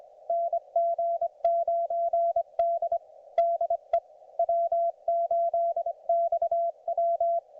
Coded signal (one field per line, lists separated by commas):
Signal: Morse code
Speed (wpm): 25 wpm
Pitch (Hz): 680 Hz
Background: none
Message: NG9D DE W8XW